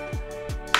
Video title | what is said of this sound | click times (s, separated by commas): Neewer Nano ND Filter - unboxing and setup | and lock into place right there and now you have a whole filter set up with the | 0.7 s